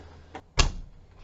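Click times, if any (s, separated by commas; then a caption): 0.6 s. A plastic body section of a Shark Navigator upright vacuum is pushed onto its base/nozzle unit. A softer knock sounds at about 0.4 s, then a sharp click at 0.6 s as the section locks into place.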